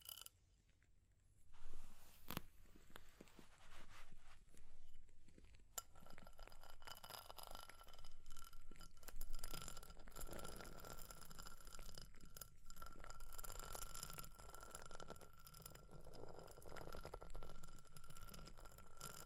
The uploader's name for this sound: Fire Crackling, Tapping, Scratching